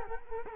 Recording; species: mosquito wingbeat signal from an infrared sensor; Culex quinquefasciatus